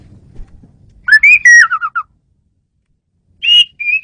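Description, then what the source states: Asian pied starling giving loud whistled notes, a rising then stepping-down phrase, a pause, then two more clear high whistles. Female bird, used as a lure bird.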